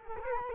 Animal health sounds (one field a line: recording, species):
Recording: mosquito wingbeat signal from an infrared sensor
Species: Culex quinquefasciatus